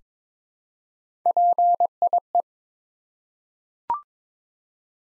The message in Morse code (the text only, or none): PIE